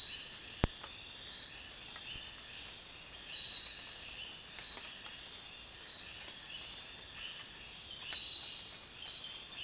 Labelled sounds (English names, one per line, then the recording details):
none
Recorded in dense forest near Puerto Asís, Putumayo, Colombia, on 19 June 2025 at 05:00
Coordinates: 0.466, -76.327
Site GP04